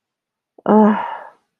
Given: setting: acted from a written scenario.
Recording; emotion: vocal sound without words; guilt